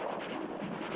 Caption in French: Imaginez que l'implant cochléaire on entend, mais on n'entend pas, pas de la musique. C'est dû au faible nombre d'électrodes. Il y a simplement maintenant 16 électrodes à l'intérieur de la cochlée. Et ceci par rapport aux 20 000 cellules ciliées dont je vous parlais, qui permettent de décomposer le signal. L'implant cochléaire n'est pas encore suffisamment fin pour écouter du Beethoven.